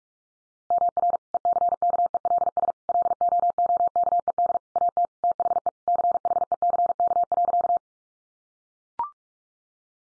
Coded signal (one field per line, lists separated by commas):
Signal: Morse code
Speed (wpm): 44 wpm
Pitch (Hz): 700 Hz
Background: none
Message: MR ECKELS LOOKED AT THE CHECK.